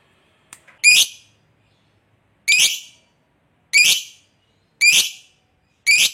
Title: Dari Gayanya Lovebird Ini Terlihat Pintar Sekali Memancing